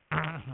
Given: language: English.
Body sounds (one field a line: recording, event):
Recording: throat vibration sensor signal played as sound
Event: throat clearing